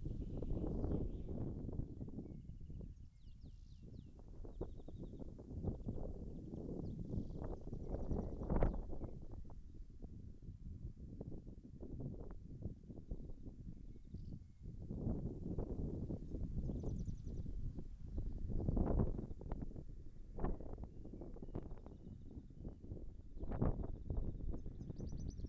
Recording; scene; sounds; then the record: everyday scene through a hearing-aid microphone; wind on the microphone; wind, birds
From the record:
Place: in front of a rural house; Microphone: behind the ear, left, front